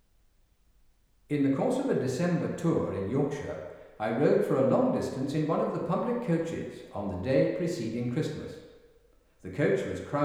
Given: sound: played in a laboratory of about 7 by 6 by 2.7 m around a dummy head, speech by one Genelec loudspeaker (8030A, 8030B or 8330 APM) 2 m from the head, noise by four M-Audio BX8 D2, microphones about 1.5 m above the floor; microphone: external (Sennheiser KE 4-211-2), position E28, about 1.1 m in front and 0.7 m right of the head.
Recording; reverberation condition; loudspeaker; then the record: male speech in English; high; 60 degrees to the right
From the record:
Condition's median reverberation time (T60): about 1300 ms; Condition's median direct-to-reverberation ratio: about -4.0 dB